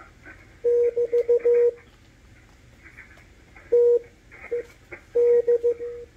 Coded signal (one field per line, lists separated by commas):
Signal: Morse code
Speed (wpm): 15 wpm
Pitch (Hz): 480 Hz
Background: none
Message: <BT> TED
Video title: W1AW cw decode - MALAHITEAM DSP-2 sdr receiver 6-28-2022